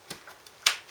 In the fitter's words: click into place that's it job done so there's no messing around rewiring bad